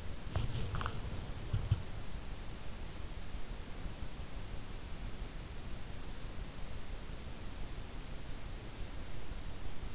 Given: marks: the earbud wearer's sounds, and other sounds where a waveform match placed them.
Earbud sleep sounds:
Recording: sounds in sleep by an in-ear microphone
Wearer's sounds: body movement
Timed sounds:
0.00-2.20 s: body movement

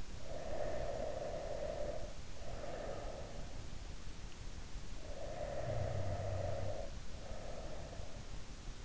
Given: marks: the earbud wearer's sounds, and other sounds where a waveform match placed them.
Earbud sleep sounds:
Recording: sounds in sleep by an in-ear microphone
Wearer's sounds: snoring breath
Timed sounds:
0.00-3.24 s: snoring breath
4.90-8.30 s: snoring breath

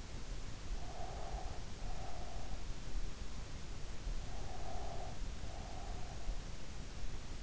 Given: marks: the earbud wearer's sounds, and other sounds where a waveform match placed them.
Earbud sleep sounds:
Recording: sounds in sleep by an in-ear microphone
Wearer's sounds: breath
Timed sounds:
0.74-2.69 s: breath
4.23-6.34 s: breath

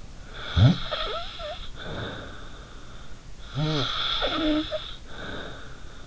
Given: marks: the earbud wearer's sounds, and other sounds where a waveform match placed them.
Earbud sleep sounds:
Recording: sounds in sleep by an in-ear microphone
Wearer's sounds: snoring breath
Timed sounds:
0.34-2.76 s: snoring breath
3.43-5.96 s: snoring breath

